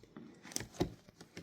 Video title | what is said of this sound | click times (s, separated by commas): Fix Your KitchenAid Dishwasher Beeping with the Clean Light On | And that's another click. | 0.6 s